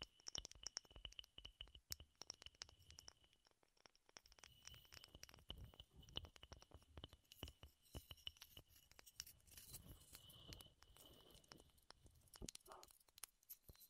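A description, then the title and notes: Wooden triggers tapped and scratched in quick, uneven clusters, with sharp clicks landing many times a second for the full fourteen seconds. A thin, steady high whine runs underneath, along with soft low rustling and thumps; the taps thin out slightly near the end. ASMR Wood Triggers in Your Ears (No Talking).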